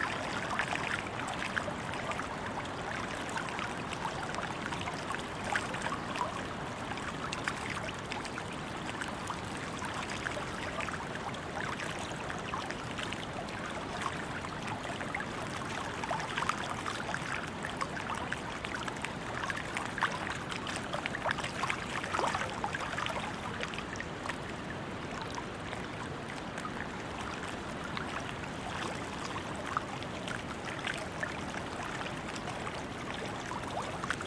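Water sounds in Greece, a steady, dense wash of moving water with a constant fizzing and splashing texture that barely changes over the whole stretch. Small bright trickles and drips flicker on top, with a faint low rumble underneath.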